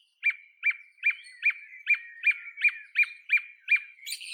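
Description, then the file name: Song thrush repeating one short sharp note about ten times in quick even succession, with a faint background whistle. "Neizvesten - Drozd pevchij Turdus philomelos (Zvyki com)"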